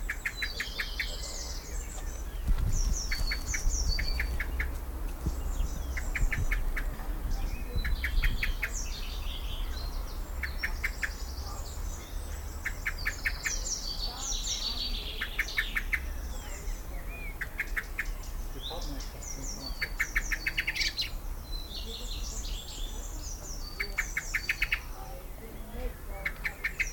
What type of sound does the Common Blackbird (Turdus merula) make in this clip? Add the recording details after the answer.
call. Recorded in the wild. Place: Lychen, Brandenburg, DE. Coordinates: 53.21, 13.32. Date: 1995-04-22 18:27. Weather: heiter, 23°C, böiger Wind. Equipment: Marantz CP 430, Sennheiser ME 80, Kopie Uher 4000 Report Monitor. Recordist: Tembrock, Günter. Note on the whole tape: Grundstück am See: "Tschackern"